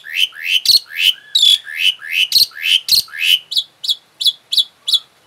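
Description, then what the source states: Asian pied starling repeating a harsh chirping note about three times a second, each note swelling and fading. Indonesian name Jalak Suren; labelled Suren Teler.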